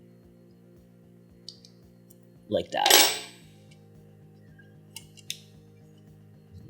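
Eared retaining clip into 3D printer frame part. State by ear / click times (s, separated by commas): partly seated / 5.3 s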